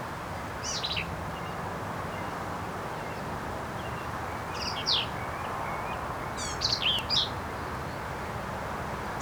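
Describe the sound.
Black-capped vireo song: a few brief, buzzy phrases of high jumbled notes, quieter early and a fuller burst near the end, over continuous low hiss.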